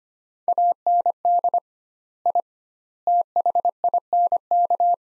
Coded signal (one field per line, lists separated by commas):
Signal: Morse code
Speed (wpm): 25 wpm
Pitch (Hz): 700 Hz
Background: none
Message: AND I THINK